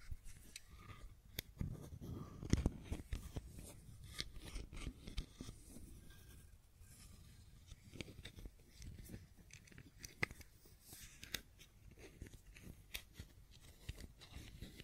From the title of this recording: Fidget Cube Tapping and Clicking Sounds